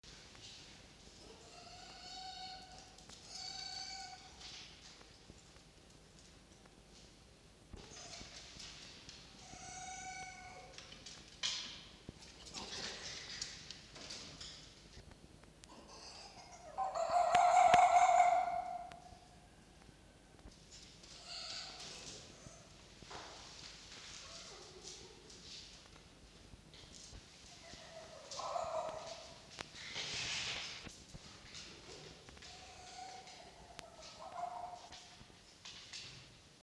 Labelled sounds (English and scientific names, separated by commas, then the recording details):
Red Fox (Vulpes vulpes)
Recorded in captivity
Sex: male
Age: adult
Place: Zoologisches Institut der HUB, Berlin, DE
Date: 1953-01-22 17:10
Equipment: Elmetra
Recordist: Tembrock, Günter
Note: Jupp (Fiffi nachlaufend): Ranzwinseln - Ranzbellen, einmal Muffen (ohne Fleisch)